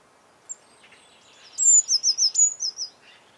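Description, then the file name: Eurasian blue tit call: a sharp high whistle running into a quick run of wavy notes, then the same again, preceded by a faint click. "Cyanistes caeruleus"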